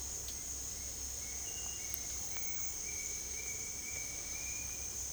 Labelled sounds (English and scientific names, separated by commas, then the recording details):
Bright-rumped Attila (Attila spadiceus)
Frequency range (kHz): Bright-rumped Attila (Attila spadiceus) 1.7-3.0 kHz
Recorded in secondary vegetation near Puerto Asís, Putumayo, Colombia, on 20 February 2024 at 08:30
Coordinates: 0.481, -76.323
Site G6376